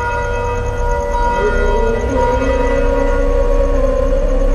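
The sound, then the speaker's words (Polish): A chanted call to prayer holds long, wavering melodic tones, blending with the steady ringing of a nearby church's bells in the Medina district of Dakar, Senegal, in a loud, continuous wash of sound with no talking. “Wołanie na modlitwę miesza się z dźwiękiem dzwonów pobliskiego kościoła.”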